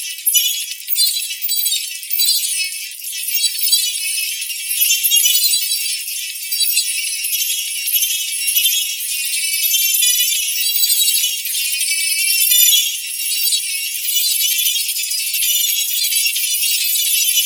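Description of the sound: Steady hissing, jingling high-pitched noise above about 2 kHz with no low tones: a synthetic tinnitus masker of the distractor type.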